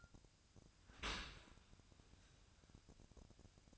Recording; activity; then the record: daily activity, microphone in the room; open dishwasher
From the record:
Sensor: 2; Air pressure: 1002.9 hPa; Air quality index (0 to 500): 198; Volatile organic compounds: 6 ppm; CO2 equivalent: 1878 ppm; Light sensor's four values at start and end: 14/33/14/15 and 14/33/14/15